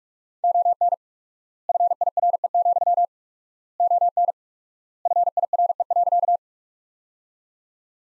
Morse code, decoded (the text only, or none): ON FIRE, ON FIRE.